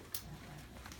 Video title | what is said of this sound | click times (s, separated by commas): Hydro Industries Part 3 | the top part goes right in. Has another one of those clicky doodle things. | 0.2 s